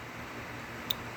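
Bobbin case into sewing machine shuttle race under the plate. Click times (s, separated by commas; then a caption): 0.9 s. A removable bobbin case holding a loaded 15-series bobbin is pushed up under the needle plate of a sewing machine into the shuttle race. Over a steady low hiss, a single short, sharp snap sounds at 0.9 s. The case is seated, snapped in between the two holding teeth.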